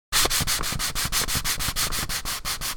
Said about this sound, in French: Maintenant, on a le papier chiffon. Ce coup-ci, de Grabo. Donc, le son.